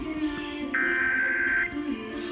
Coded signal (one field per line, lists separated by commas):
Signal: Emergency Alert System (SAME) tones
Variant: header bursts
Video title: EAS #197 National Periodic Test